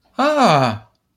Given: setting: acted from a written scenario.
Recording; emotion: vocal sound without words; positive surprise